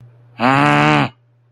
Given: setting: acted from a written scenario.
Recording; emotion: vocal sound without words; anger